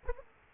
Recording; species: mosquito wingbeat signal from an infrared sensor; Aedes aegypti